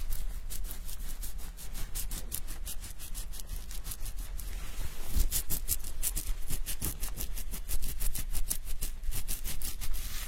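An immersive hair wash with scalp massage: dense, rapid scratching and rubbing strokes crackle steadily through the whole clip, bright and crisp at the top. A low rumble sits underneath, and around the fifth second the rubbing thickens briefly into a fuller rush.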